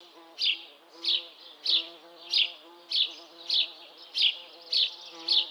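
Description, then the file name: House sparrow chirping, nine bright, sharp chirps repeated steadily about every 0.6 seconds over a low, steady hum. "Passer domesticus"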